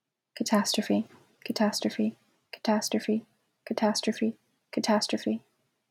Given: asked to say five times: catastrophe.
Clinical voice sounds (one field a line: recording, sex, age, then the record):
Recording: repeated word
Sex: female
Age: 20 to 29 years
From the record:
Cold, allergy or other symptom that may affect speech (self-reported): no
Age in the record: 23 years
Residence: Connecticut, United States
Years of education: 16